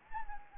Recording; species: mosquito wingbeat signal from an infrared sensor; Anopheles arabiensis